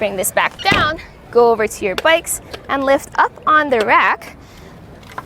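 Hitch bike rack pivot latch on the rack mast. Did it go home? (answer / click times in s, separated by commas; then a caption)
yes / 5.2 s. Someone talks while a Kuat Piston Pro X hitch bike rack is lifted back up from its tilted-away position. The metal pivot latch on the rack mast snaps into place with a sharp click at 5.2 s, and the rack is seated.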